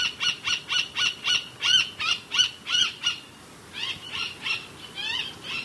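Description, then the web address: Roadside hawk giving a quick series of about ten arched, harmonic notes, followed by several harsher notes; faint background hiss. Recorded in the eastern lowlands of South America. "Natures Songs S America Eastern Lowlands. Roadside Hawk"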